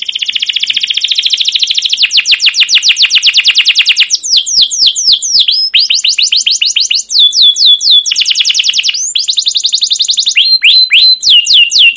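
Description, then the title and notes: Canary song with long rapid trills alternating with slower series of sharply falling chirps, the phrases switching every couple of seconds throughout. Continuous, long song ('gacor panjang', 'cuit cuit ngerol') meant as a lure and master tutor for training young caged canaries to learn sounds. "CUIT CUIT NGEROL LANGSUNG GACOR PANJANG Kenari Pancingan KENAR. PANCINGAN Kenari GACOR PANJANG Cuit CUIT EMOSI MASTERAN Kenari PAUD belajar BUNYI. burung kenari"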